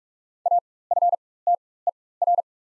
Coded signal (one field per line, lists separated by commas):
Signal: Morse code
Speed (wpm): 45 wpm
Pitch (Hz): 700 Hz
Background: none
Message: AFTER